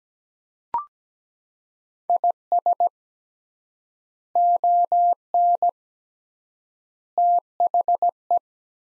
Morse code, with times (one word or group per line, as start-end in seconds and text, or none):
2.1-2.9 IS
4.4-5.7 ON
7.2-8.4 THE